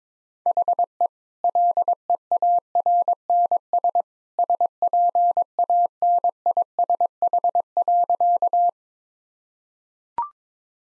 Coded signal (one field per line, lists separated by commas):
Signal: Morse code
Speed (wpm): 22 wpm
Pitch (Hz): 700 Hz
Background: none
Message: HE LEARNS SPANISH.